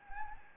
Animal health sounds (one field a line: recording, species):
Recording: mosquito wingbeat signal from an infrared sensor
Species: Anopheles gambiae